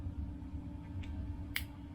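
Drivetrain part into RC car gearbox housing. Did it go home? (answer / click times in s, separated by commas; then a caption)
yes / 1.6 s. A drivetrain part, the drive shaft, is pulled out and pushed back into the gearbox housing of an Arrma Vorteks / Typhon 3S RC car to make sure it is seated properly. Over a steady low hum, a faint tick comes near 1.0 s, then a single sharp snap at 1.6 s as the part snaps into place, confirming it is seated.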